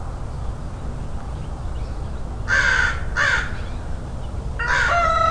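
Crow giving three harsh caws, two close together then one longer one near the end, over steady low background rumble.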